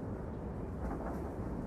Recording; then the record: background sound without coughing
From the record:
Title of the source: Train Ride Ambience ambient white noise for sleeping, focus, studying, reading